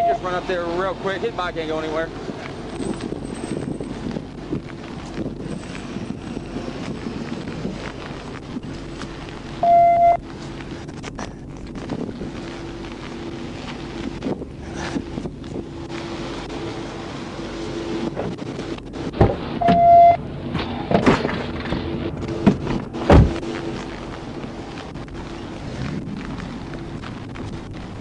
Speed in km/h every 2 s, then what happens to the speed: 0, 0, 0, 0, 0, 0, 0, 0, 0, 0, 0, 0, 0, 0.
0-28 standing.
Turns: none.